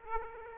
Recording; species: mosquito wingbeat signal from an infrared sensor; Aedes aegypti